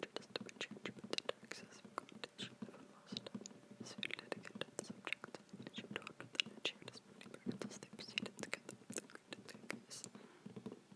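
Soft, unintelligible whispering runs through the whole clip alongside light fingertip tapping on a large box. The taps come quick and irregular, dense in bursts, with crisp bright edges over a hushed breathy bed. A faint steady tone hums underneath in the early seconds.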